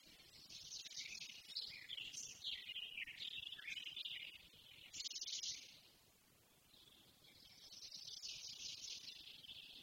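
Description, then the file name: Eurasian blackcap singing fast, jumbled warbles in high tones, pausing briefly midway before a steady, even phrase runs through the final seconds. "Sylvia atricapilla"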